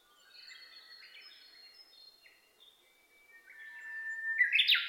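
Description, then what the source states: Japanese bush warbler song: a sustained clear whistle followed by a stepped, rising loud flourish at the end, after thin high chirps from other birds. Recorded 27 May 2007 at 05:46, early morning.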